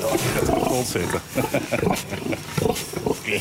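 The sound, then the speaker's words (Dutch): Pigs in a farm stable grunt over and over in short, rough bursts, a busy run of low snorts and squeals that stays fairly loud throughout. “Waar de varkens dus te leuk zijn om naar de slag te sturen”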